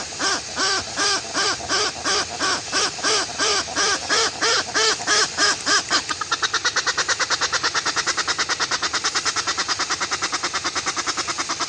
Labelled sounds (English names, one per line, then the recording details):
Westland Petrel
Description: Westland petrel/tāiko song
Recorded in New Zealand